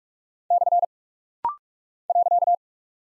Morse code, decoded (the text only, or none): / .